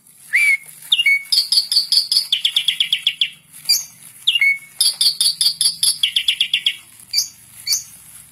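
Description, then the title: Asian pied starling song: a slurred whistle, then rapid runs of repeated clipped notes, interspersed with further slurred whistles. "Masteran Jalak Suren"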